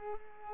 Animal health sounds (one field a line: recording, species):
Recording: mosquito wingbeat signal from an infrared sensor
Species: Culex pipiens